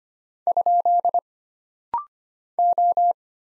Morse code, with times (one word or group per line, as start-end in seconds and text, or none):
0.5-1.2 ?
2.6-3.1 O